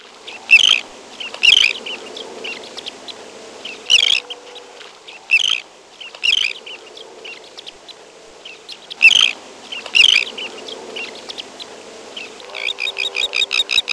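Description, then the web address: Elegant Tern calls, harsh rasping notes repeated irregularly every one to three seconds, ending in a quick run of shorter clipped notes, with quieter chatter throughout. "Peterson North American Birds iso sound elte"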